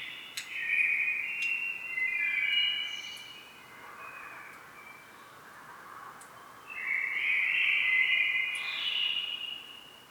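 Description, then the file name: Common blackbird song: flowing, fluty warbled phrases run almost without pause, with a quieter lower stretch in the middle and a loud rich phrase near the end. "Turdus merula"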